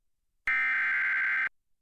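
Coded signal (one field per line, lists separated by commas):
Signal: Emergency Alert System (SAME) tones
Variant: header bursts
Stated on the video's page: Severe thunderstorm warning alert broadcast over a TV subchannel during a children's program.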